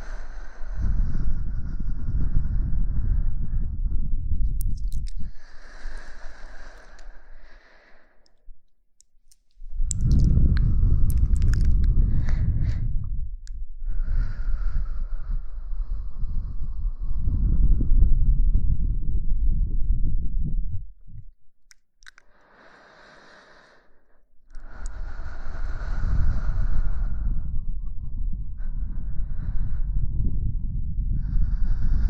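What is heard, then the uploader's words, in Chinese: Soft, gentle blowing into the ear comes in long breathy gusts, each a deep, muffled rush with a faint airy hiss on top. The gusts last several seconds apiece, broken by near-silent pauses around 8 to 10 seconds and again around 21 to 24 seconds. 轻轻的吹耳朵。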